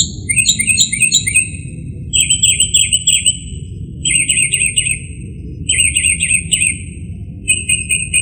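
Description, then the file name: Northern mockingbird song: bright chattering phrases, each repeated several times before the bird switches to a new one, over a steady low hum. "kicauan-burung-northern-mockingbird -omkicau"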